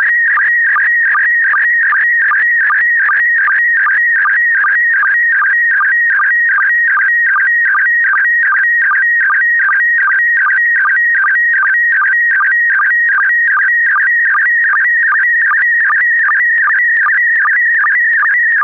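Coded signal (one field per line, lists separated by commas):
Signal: SSTV (slow-scan television)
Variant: PD50 mode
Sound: warbling, chirping tone sliding up and down, with a short low blip repeating rapidly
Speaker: over het nieuws van vandaag volgt nu dus het iets langere grote SS tv plaatje in kleur en de mode pd50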